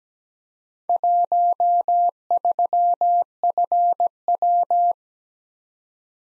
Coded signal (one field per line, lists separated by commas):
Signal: Morse code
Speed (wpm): 17 wpm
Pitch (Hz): 700 Hz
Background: none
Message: 13FW